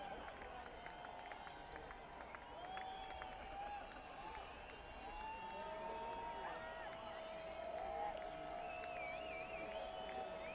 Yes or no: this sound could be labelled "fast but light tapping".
no